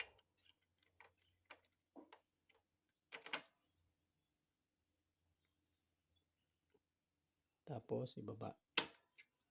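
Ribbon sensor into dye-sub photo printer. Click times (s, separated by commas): 8.8 s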